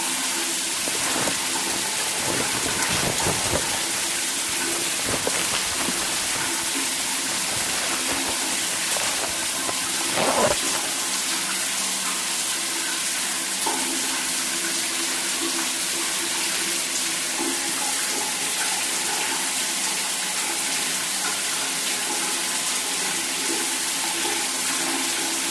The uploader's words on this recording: In this soundscape, you'll hear people showering and getting ready for work—all while you're still snug in bed. The calming sounds of someone getting ready for work in the morning.